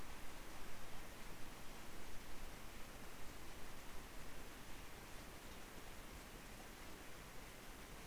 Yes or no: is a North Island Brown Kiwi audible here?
no